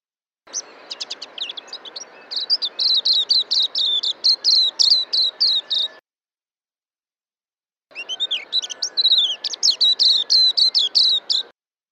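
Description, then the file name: White-eye song: quick, high-pitched twittering phrases in two bursts separated by a pause. "suara kicauan burung kacamata perak. omkicau"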